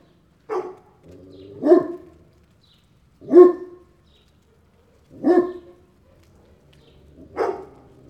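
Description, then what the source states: Dog barking: five single barks spaced a second or two apart. Big dogs.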